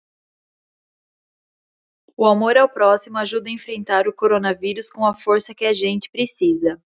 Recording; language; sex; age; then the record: spoken sentence; Brazilian Portuguese; female; 20 to 29 years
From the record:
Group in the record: control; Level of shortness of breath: 0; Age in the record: 28 years